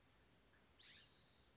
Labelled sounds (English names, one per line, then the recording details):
California Scrub-Jay
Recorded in Sonoma County, California